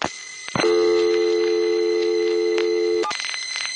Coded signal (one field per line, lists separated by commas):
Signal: telephone call progress tone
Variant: North America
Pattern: dial tone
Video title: Vintage telephone network sounds part 1